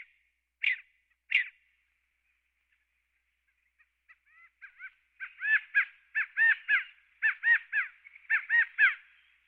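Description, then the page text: California quail calls: two sharp notes, a pause, then a fast chattering run of arched, rising-falling notes grouped in threes, repeated steadily for several seconds. "California Quail. Quick Sounds"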